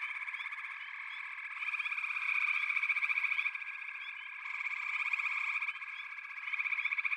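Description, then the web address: Frogs in chorus, a continuous buzz of fast pulsed trills whose loudness rises and falls in waves across the recording. A chorus of frogs calling together. "Echoes of Nature - Frog Chorus"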